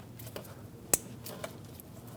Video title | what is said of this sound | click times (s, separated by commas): How to Replace Radiator 2016-2025 Chevrolet Malibu 1.5L L4 | Push until you hear a click. | 0.9 s